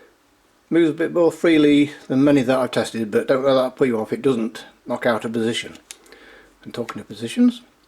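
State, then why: Not seated. A twist-up rubber/plastic eyecup on the eyepiece of Viking Merlin ED 8x32 binoculars is handled while someone talks throughout. Two faint sharp sounds come at about 6.1 s in a quieter gap. Nothing has seated or clicked into its detent position yet.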